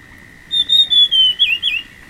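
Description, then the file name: Dusky fulvetta whistling one phrase of roughly six clear notes that start level and end in quick up-and-down twists, with a constant high-pitched tone running underneath. "fulvetta-dusky -Alcippe-brunnea"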